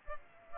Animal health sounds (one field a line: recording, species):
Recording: mosquito wingbeat signal from an infrared sensor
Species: Culex pipiens